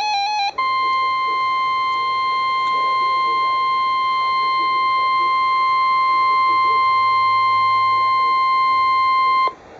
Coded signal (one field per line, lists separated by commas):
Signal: Emergency Alert System (SAME) tones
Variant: 1050 Hz attention tone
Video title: Real NOAA Weather Radio EAS Alert #228